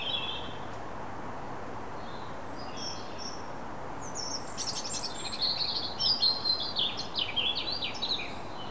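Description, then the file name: European robin song: a short high thin phrase, then a longer run of sweet, tumbling, high-pitched notes rising and falling, over a steady low rumble of background noise. "Erithacus rubecula"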